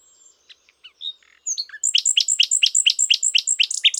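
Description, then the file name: Common nightingale singing: a few scattered notes and whistles, then a fast run of many loud repeated notes. "Luscinia megarhynchos"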